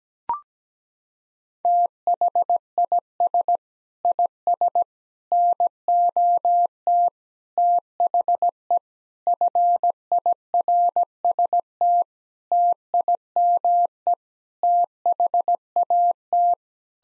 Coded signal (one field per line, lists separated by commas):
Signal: Morse code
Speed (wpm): 17 wpm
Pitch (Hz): 700 Hz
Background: none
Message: THIS IS NOT THE FIRST TIME THAT